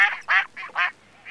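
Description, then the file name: Mallard quacking, four loud nasal quacks in an uneven series, each separated by a short gap, then the start of a fifth. Recorded for an electronic decoy caller chip used to attract ducks. "Кряква Germano"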